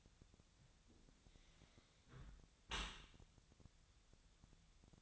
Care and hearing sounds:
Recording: daily activity, microphone in the room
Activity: close dishwasher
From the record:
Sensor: 3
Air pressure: 1006.7 hPa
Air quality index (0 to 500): 207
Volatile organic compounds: 19 ppm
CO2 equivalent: 2644 ppm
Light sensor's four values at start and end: 11/26/11/10 and 11/25/10/10

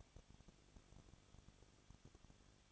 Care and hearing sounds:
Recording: daily activity, microphone in the room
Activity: no activity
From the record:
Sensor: 4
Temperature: 23.0 degrees Celsius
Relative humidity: 34.1%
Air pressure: 1007.3 hPa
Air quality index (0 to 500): 214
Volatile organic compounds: 14 ppm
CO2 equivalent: 2468 ppm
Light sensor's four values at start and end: 2/3/1/1 and 2/3/1/1

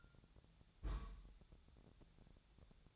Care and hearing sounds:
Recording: daily activity, microphone in the room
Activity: place on stove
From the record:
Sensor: 3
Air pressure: 999.3 hPa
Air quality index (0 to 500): 199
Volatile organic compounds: 47 ppm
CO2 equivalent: 3250 ppm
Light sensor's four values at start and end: 7/17/7/6 and 7/17/7/6

